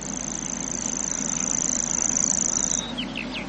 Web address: grasshopper warbler